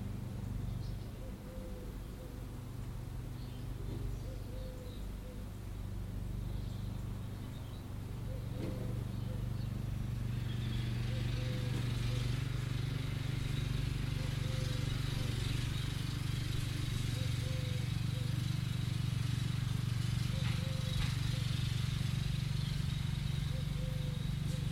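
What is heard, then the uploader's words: A low, steady hum, possibly the hovering hummingbird hawk-moth, runs through the whole recording, with a faint short tone repeating about every two seconds. Just past ten seconds the sound grows slightly louder and a soft high hiss joins in and continues to the end. I found these things in a lavender bush whilst on holiday in Cornwall. The hummingbird-hawk-moth was very shy and interestingly I think only one individual was visiting the bush over a week or so whilst I was watching it.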